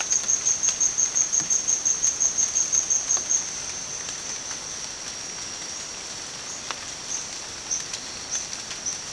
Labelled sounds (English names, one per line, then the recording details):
none
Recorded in dense forest near Puerto Asís, Putumayo, Colombia, on 27 June 2025 at 17:30
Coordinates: 0.484, -76.317
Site G045